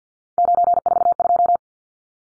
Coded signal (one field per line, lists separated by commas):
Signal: Morse code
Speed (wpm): 49 wpm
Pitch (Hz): 700 Hz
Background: none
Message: 942